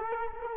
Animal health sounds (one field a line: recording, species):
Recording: mosquito wingbeat signal from an infrared sensor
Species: Culex quinquefasciatus